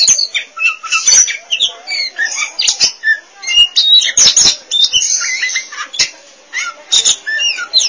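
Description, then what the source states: Oriental magpie-robin song: a rich, varied stream of whistled and scratchy phrases, fast notes sweeping up and down, with short clicks scattered throughout. Kacer song.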